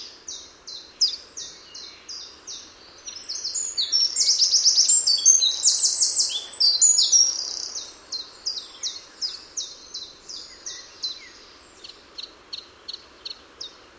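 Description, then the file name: Eurasian wren singing a rapid, high-pitched torrent of notes that swells into loud trills mid-phrase, then breaks into a fading string of short repeated ticks. "Troglodytes troglodytes"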